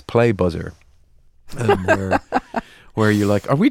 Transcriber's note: laughter